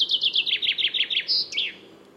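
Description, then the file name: Common chaffinch song: a long, rapid run of descending notes, a short high note, then a falling terminal flourish, followed by quiet. "Fringilla coelebs"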